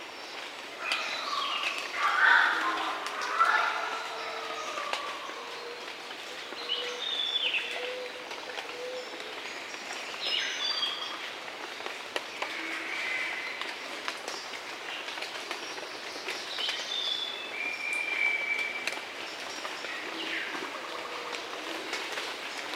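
Rainforest birds call and chatter, with bright whistles and squawks clustered early, over a steady insect hiss throughout.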